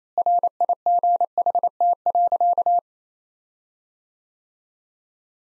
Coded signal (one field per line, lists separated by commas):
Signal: Morse code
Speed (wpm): 28 wpm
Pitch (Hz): 700 Hz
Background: none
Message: RIGHT.